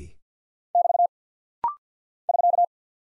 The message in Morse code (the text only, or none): <BT> <SK>